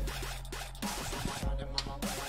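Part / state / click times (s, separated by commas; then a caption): I/O shield into PC case rear panel / seated / 1.8 s. A metal I/O shield is pressed hard into the rear opening of a PC case over steady background music, with scraping and shuffling sounds from the handling. A sharp click at 1.8 s marks the shield snapping into place, fully seated in the case.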